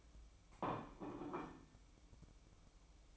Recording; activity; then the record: daily activity, microphone in the room; place plate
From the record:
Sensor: 1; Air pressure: 1007.5 hPa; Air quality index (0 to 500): 76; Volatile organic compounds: 1 ppm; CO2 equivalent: 665 ppm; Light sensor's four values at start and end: 8/18/7/8 and 8/18/7/8